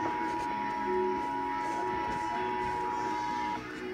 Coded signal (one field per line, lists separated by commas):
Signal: Emergency Alert System (SAME) tones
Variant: 853 and 960 Hz attention tone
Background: music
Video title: Required Monthly Test EAS #15